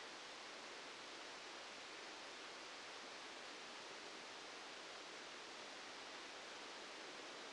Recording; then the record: brain microelectrode recording played as sound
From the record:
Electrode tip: outside the subthalamic nucleus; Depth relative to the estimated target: -10 mm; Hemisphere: left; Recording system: NeuroSet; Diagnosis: Parkinson's disease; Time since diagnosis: 7 years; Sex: male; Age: 44 years